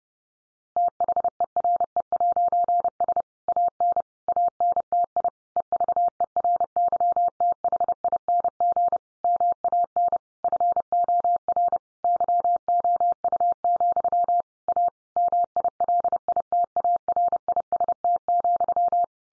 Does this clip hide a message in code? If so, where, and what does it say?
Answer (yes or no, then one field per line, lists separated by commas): yes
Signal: Morse code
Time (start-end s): 0.8-19.0 s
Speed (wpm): 30 wpm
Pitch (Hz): 700 Hz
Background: none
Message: THERE'S AN ANTI EVERYTHING MAN FOR YOU, A MILITARIST,